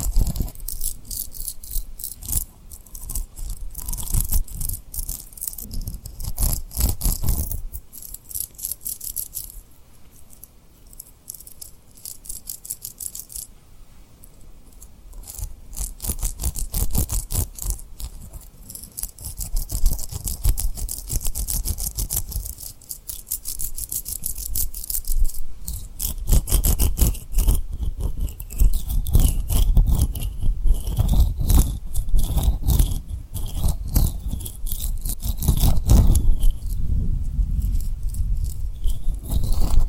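Tapping and rubbing on a rhinestone-covered surface, with dense, bright scratchy clicks and brushing strokes coming in uneven bursts. A softer lull falls around 10–15 seconds, then the rubbing grows busier and louder toward the end, with a few wavering high tones.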